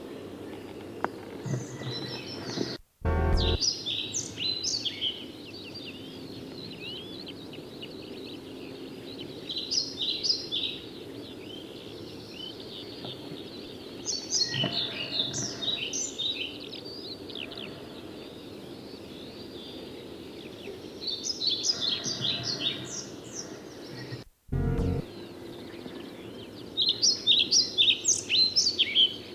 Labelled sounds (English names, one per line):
European Pied Flycatcher song